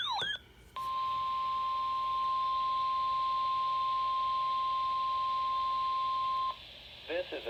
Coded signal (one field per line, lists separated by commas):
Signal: Emergency Alert System (SAME) tones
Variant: 1050 Hz attention tone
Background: speech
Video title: 8 Winter storm warnings EAS#429 - 436 From: 1/30/ 21